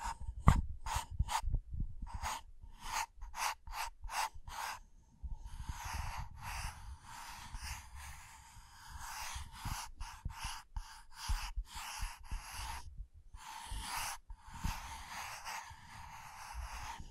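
Scratching and tracing strokes, each a dry, rasping hiss. In the first five seconds the strokes are short, separate and quick. After that they grow longer and more continuous, with brief pauses between them. A low rumble sits faintly underneath throughout.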